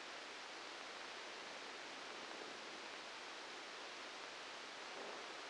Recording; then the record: brain microelectrode recording played as sound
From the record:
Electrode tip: outside the subthalamic nucleus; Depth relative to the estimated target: -6 mm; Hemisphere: left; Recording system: NeuroSet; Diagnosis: Parkinson's disease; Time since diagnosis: 13 years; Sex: male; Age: 63 years